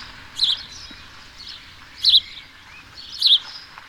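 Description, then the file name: House sparrow chirps: three bright, shrill chirps spaced a little over a second apart, with faint softer notes between them. "Passer domesticus"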